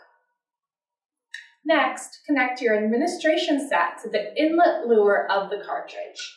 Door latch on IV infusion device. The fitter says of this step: shut the door with the installed cartridge and it will automatically lock